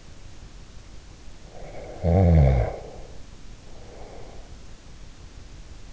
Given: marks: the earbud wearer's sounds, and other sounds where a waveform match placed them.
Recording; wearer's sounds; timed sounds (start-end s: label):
sounds in sleep by an in-ear microphone; snoring breath
1.44-4.67 s: snoring breath